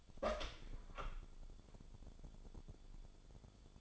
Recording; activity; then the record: daily activity, microphone in the room; open door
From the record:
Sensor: 5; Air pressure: 1015.1 hPa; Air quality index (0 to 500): 220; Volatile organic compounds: 13 ppm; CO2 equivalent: 2392 ppm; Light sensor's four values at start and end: 35/80/32/31 and 35/80/32/31